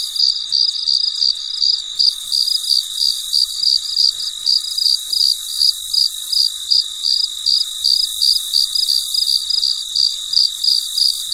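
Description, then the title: Cricket chirping, a steady high-pitched pulsed trill repeated about three times a second, over a high insect hiss. Recorded late at night, in quiet surroundings. "深夜录制蟋蟀昆虫声"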